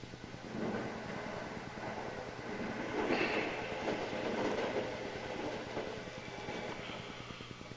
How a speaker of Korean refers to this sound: 고향 시칠리로 돌아오는 기차 안.